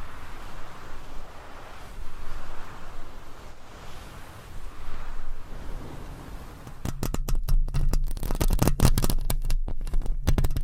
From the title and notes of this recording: ASMR with 200 MICS! Different Mic Covers & Nails Mic Scratching , Massage & More No Talking.